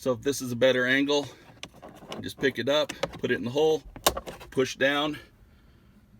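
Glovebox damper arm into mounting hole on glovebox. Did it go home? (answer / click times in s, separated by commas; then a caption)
no / none. Someone talks while handling the glovebox damper arm on a Jeep Wrangler JL or Gladiator JT, picking it up and putting its end into the mounting hole on the glovebox to push it down. Between the speech there are faint handling noises and brief light taps, and the clip ends before the arm goes home, so nothing has seated or clicked yet.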